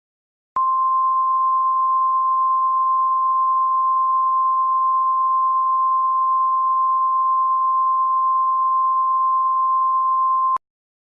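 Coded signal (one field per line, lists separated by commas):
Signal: Emergency Alert System (SAME) tones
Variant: 1050 Hz attention tone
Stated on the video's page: Fictional tornado scenario, simulated alert.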